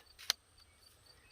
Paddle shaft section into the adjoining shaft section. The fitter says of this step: And then when you get it locked into place, the top's adjustable as well.